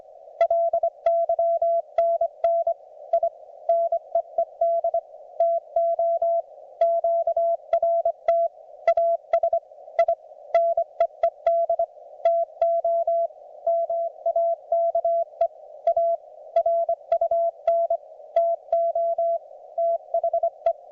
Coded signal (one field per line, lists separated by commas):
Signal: Morse code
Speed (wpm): 24 wpm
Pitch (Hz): 670 Hz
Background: none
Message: LYNN I NEED TO QRT AS I NEED TO MAKE A RUN TO THE